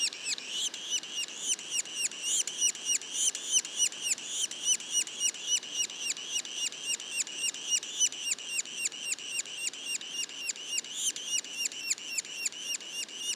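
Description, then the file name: Yellow-bellied sapsucker juveniles giving high, squeaky calls in a steady, rapid series, about three to four per second, continuing without pause. Juveniles; Mont-Orford National Park, Quebec. "pic macule. parc national du mont orford"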